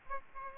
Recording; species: mosquito wingbeat signal from an infrared sensor; Aedes aegypti